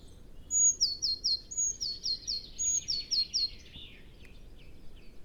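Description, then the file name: Eurasian blue tit singing three quick phrases, each a high thin note dropping into three rapid lower notes, then a softer trailing twitter. "Cyanistes caeruleus"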